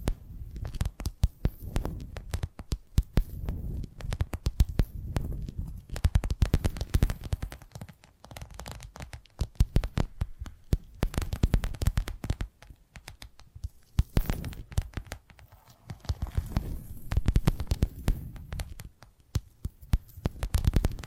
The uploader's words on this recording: ASMR 10 Addictive Tapping Triggers to Wake Up Your Tingles! (No Talking).